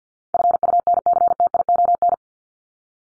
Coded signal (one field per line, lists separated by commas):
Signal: Morse code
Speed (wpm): 50 wpm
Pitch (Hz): 700 Hz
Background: none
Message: FUNCTION